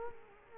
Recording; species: mosquito wingbeat signal from an infrared sensor; Culex quinquefasciatus